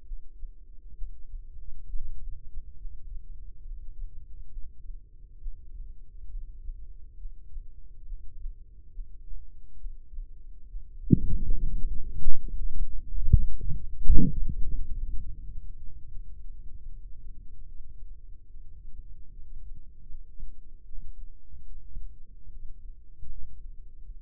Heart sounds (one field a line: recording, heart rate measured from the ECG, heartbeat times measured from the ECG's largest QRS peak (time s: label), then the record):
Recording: heart sounds by microphone in the right ear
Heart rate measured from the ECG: 73 bpm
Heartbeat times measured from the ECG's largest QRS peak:
0.04 s: heartbeat
0.94 s: heartbeat
1.86 s: heartbeat
2.76 s: heartbeat
3.63 s: heartbeat
4.49 s: heartbeat
5.38 s: heartbeat
6.27 s: heartbeat
7.16 s: heartbeat
8.04 s: heartbeat
8.91 s: heartbeat
9.77 s: heartbeat
10.67 s: heartbeat
11.57 s: heartbeat
12.37 s: heartbeat
13.15 s: heartbeat
13.92 s: heartbeat
14.60 s: heartbeat
15.28 s: heartbeat
16.08 s: heartbeat
16.88 s: heartbeat
17.64 s: heartbeat
18.47 s: heartbeat
19.30 s: heartbeat
20.07 s: heartbeat
20.82 s: heartbeat
21.65 s: heartbeat
22.48 s: heartbeat
23.29 s: heartbeat
24.03 s: heartbeat
From the record:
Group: healthy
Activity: breath hold 0-13 s, rest 13-24 s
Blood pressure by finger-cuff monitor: 137/83 mmHg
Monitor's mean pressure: 102 mmHg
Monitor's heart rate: 68 bpm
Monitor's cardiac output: 6.3 L/min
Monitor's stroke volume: 92 mL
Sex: female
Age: 22 years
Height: 161 cm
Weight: 65.5 kg